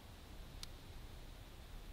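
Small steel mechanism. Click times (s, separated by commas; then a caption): 0.6 s. The hammer of a revolver or rifle is slowly drawn back with a smooth travel, and its sear catches in the half-cock notch with a single quiet metallic click at 0.6 s. The hammer is seated at half-cock, and the click stands out as a short, bright transient against a steady low background hiss.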